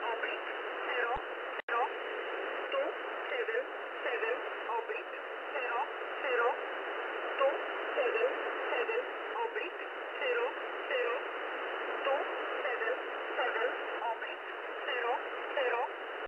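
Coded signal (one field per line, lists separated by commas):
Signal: numbers station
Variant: E11 Oblique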